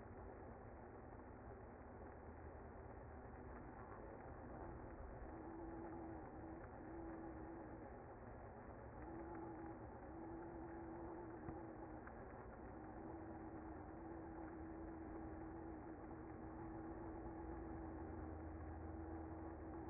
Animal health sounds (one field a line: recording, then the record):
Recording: honeybee colony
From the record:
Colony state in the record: active